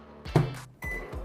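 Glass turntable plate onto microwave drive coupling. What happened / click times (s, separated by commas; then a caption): The glass turntable plate dropped onto its coupling / 0.4 s. The glass turntable plate of a used microwave, which was not sitting properly and would not turn, is refitted onto the drive coupling. A short hard knock at 0.4 s marks the plate dropping into place and seating, followed by a longer, steadier sound starting around 0.8 s.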